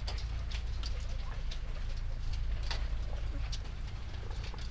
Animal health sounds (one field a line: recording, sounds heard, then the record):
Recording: poultry house recording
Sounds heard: sick chickens (respiratory disease)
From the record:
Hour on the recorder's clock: 3